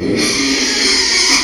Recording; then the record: squeal of a Yucatan mini pig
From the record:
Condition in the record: after surgery on the right vocal fold (resection and tissue-engineered implant); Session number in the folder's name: 2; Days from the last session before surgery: 13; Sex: male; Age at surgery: 12 weeks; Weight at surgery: 13 kg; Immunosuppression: cyclosporine, prednisolone